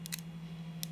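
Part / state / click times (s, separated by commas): small plastic toy parts / not seated / none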